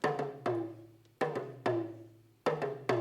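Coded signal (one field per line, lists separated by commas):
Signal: talking drum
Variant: Ghanaian talking drum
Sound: about nine resonant drum strokes in short uneven groups, with low ringing decaying tones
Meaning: Calls Power Schmidt by name, inviting him over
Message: Power Schmidt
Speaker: So let's see, if I wanted to invite Power Schmidt over for dinner, instead of calling his name, I just play on the drum.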